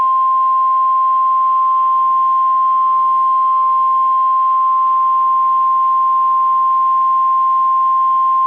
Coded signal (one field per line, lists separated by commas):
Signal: Emergency Alert System (SAME) tones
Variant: 1050 Hz attention tone